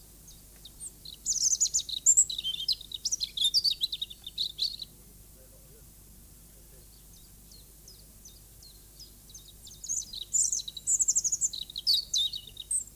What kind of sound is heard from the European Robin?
song